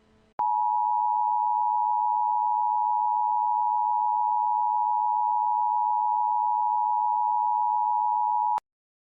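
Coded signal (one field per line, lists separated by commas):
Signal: Emergency Alert System (SAME) tones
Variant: 853 and 960 Hz attention tone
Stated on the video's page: Fictitious emergency alert scenario; the tones may or may not be valid EAS tones.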